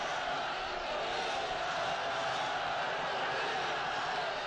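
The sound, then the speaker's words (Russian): A dense, jubilant crowd roars steadily for several seconds as it carries Napoleon to the doors of the throne room, many voices blended into one continuous, unbroken din that holds an even loudness without pauses or distinct words. “Толпа подносит Наполеона к дверям тронного зала.”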